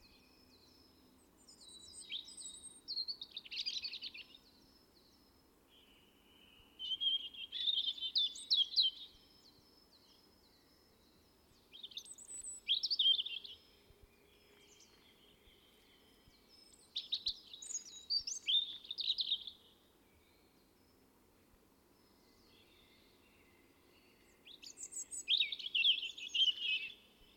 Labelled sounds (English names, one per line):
European Robin song